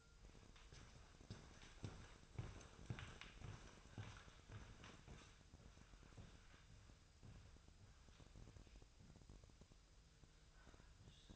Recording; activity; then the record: daily activity, microphone in the room; walk to room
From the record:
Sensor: 2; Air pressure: 999.3 hPa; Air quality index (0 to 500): 193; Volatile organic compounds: 26 ppm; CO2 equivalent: 2861 ppm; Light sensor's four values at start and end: 7/16/6/6 and 7/16/6/7